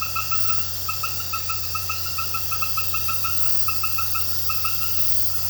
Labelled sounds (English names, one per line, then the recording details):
none
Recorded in pastures near Puerto Asís, Putumayo, Colombia, on 12 March 2025 at 21:00
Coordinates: 0.466, -76.322
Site CSA-02